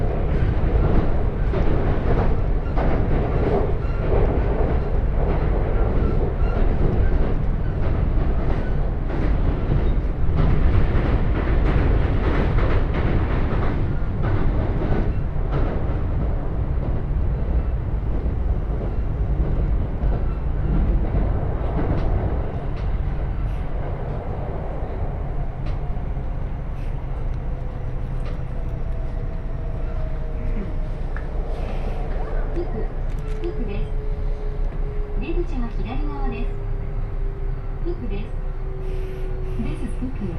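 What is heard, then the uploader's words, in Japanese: A train ride: heavy, dense rumble and clatter for the first fifteen seconds, then a quieter steady roll with rising and falling motor whines. 鉄道旅 汐見橋→岸里玉出→なんば→大物。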